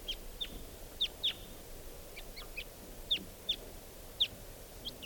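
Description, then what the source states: Red Crossbill (type 2) calls: clipped downward-sweeping notes, some doubled, repeated at uneven intervals against quiet background hiss. Lone wild type 2 bird sitting in a treetop by itself.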